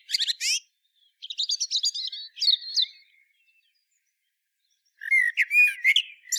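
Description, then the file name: Common blackbird singing in short bursts, fluty warbles mixed with rapid scratchy high twittering, a quiet gap, then another rich warbling phrase with a squeaky ending. "Turdus merula"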